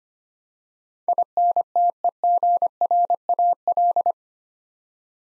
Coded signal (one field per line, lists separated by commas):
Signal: Morse code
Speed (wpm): 25 wpm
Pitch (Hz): 700 Hz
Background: none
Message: INTEGRAL